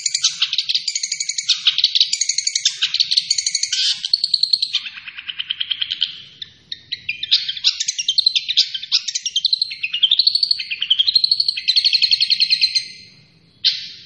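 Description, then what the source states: Long-tailed shrike song, a long, varied stream of chattering notes, buzzy trills and short whistled slurs, changing phrase every few seconds. Singing actively in full voice.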